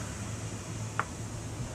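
A spark plug lead's rubber boot is pushed down onto the spark plug terminal until it pops on. A single short, sharp click-pop sounds at 1.0 s over a steady background hiss and low hum. The lead is seated on the plug.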